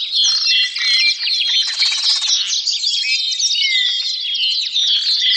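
Bird song in a dense, bright chorus of high chirps and twitters, with a rapid buzzy rattle midway, sounding continuously throughout.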